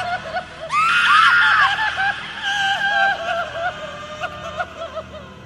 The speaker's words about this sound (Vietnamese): Chỉ nghe tiếng quỷ âm trong bụng mụ ta vang lên thề thiết như nghìn vạn con quỷ đang gào khóc.